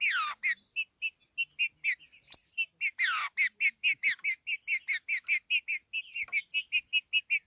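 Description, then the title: Green-winged saltator singing a rapid series of short ringing notes, about two or three a second, broken by a few downward-sweeping slurred calls. "Trinca Ferro"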